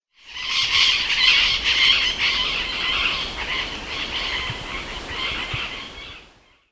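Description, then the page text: Parrot calling: a dense, noisy mass of harsh squawks and chatter that starts abruptly, holds steady, then gradually fades out. "Звуки попугаев - Желтохвостый пестрохвостый попугай"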